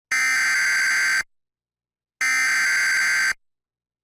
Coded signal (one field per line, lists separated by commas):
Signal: Emergency Alert System (SAME) tones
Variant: header bursts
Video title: Severe Thunderstorm Warning on TV! (EAS #714) l 6/4/2024